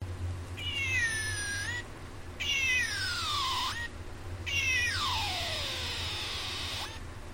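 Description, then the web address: Cat meowing, three drawn-out meows that each slide downward in pitch, separated by short pauses, over a low steady hum. "maullidos de gato"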